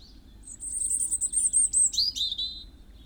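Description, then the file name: European robin singing a thin, very high reeling phrase that drops suddenly into lower, fuller warbled notes. "Erithacus rubecula"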